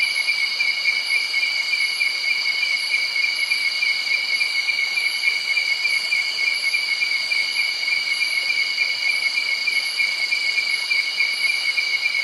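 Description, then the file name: Cicada chorus: steady, shrill, overlapping buzzing, with regular faint high pulses running through the whole stretch. Cicadas and other insects by a nearby creek in early night, Doi Suthep National Park, Thailand. "insects cicada frogs birds creek close by early night doi suthep national park thailand"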